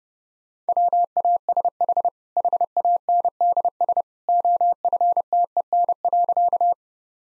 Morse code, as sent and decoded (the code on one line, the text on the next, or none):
.-- .- ... .... / .... .- -. -.. ... / --- ..-. - . -. .-.-.-
WASH HANDS OFTEN.